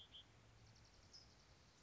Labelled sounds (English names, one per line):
California Towhee